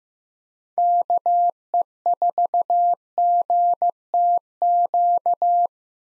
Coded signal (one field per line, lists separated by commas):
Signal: Morse code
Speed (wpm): 15 wpm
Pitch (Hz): 700 Hz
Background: none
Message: KE4GTQ